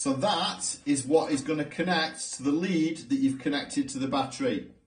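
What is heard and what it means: A Keis heated garment's 12 V power input plug is handled beside the lead connected to a motorcycle battery while someone talks. The plug has not yet been pushed in, and nothing has seated or clicked yet.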